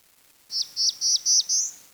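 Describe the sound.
Bird calling in a rapid string of five high, clear notes, the first four flat then dropping sharply, the last held longer and trailing off, with little else audible.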